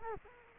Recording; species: mosquito wingbeat signal from an infrared sensor; Culex quinquefasciatus